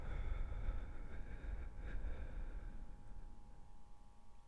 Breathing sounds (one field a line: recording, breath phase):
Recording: one breath near a microphone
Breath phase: exhalation